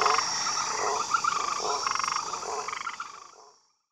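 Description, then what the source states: Frogs give rapid pulsed croaks over a high insect whine before everything fades to silence. Jungle setting, with frogs and insects calling together.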